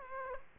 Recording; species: mosquito wingbeat signal from an infrared sensor; Aedes aegypti